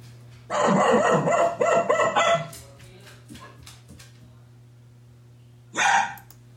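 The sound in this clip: Poodle: dog barking, a rapid burst of short yappy barks followed after a pause by one more bark, over a steady low electrical hum.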